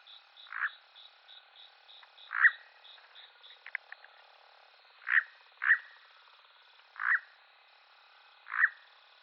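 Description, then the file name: Red-necked nightjar calls: short hollow clucking notes at irregular intervals, with faint high ticking notes early on and a few clicks midway. "Chotacabras torico"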